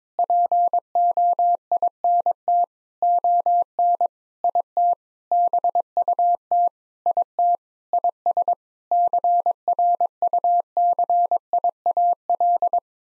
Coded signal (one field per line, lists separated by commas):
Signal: Morse code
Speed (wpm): 22 wpm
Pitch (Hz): 700 Hz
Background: none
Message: POINT ON IT BUT IT IS CRUCIAL